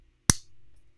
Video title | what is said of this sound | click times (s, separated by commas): Sew What? Episode 75: America the Beautiful | and pop it shut i'll get it close to my microphone you can actually hear the snap that's | 0.3 s